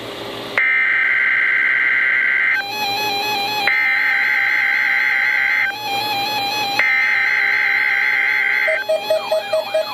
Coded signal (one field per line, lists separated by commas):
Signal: Emergency Alert System (SAME) tones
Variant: header bursts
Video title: Required Weekly Test - 08/08/12 (EAS #300)